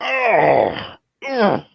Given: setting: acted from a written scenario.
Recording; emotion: vocal sound without words; anger